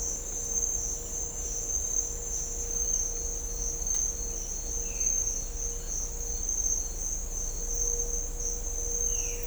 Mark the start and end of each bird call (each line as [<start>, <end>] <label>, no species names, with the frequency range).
[9.03, 9.46] bird call (1.7-3.9 kHz)